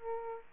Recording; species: mosquito wingbeat signal from an infrared sensor; Aedes aegypti